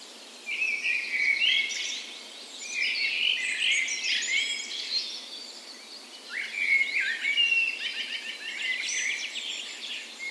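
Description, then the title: Birds sing a dawn chorus, starting after a short quiet, then busy overlapping warbles, trills and whistles rising and falling in waves. Dawn chorus recorded the morning of 17 May, Norway's National Day, in a park west in Bergen, Norway, in full spring; Sony PCM A10 recorder with LOM Usi microphones as tree ears. "17th Of May Dawn Chorus"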